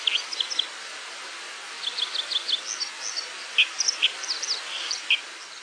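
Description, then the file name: White-throated dipper singing sharp, high twittering notes in quick clusters over a constant background hiss. "PLUSZCZ"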